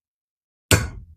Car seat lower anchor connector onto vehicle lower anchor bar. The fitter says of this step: You're going to push it onto the latch bar, and you're going to hear a clicking sound.